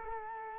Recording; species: mosquito wingbeat signal from an infrared sensor; Culex quinquefasciatus